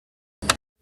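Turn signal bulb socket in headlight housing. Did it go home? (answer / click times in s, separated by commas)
released / 0.5 s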